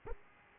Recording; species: mosquito wingbeat signal from an infrared sensor; Aedes aegypti